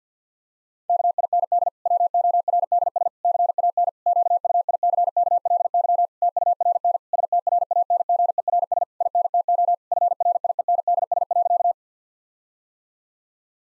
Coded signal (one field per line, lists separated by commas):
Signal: Morse code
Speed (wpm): 50 wpm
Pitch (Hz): 700 Hz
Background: none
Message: KIND WORDS CAN QUICKLY TURN STRANGERS INTO FRIENDS.